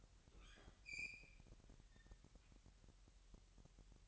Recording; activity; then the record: daily activity, microphone in the room; open fridge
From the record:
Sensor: 3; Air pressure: 1002.0 hPa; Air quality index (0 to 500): 245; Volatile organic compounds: 50 ppm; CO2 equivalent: 3292 ppm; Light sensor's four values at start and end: 12/36/16/13 and 12/36/16/13